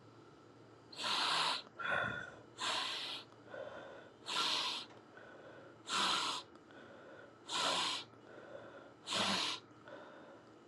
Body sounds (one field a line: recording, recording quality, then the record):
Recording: shallow breathing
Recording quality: excellent, no background noise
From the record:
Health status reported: COVID-19 positive, mild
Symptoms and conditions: cough, cold, sore throat, fever, fatigue, muscle pain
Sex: male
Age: 25 years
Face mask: worn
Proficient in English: yes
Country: India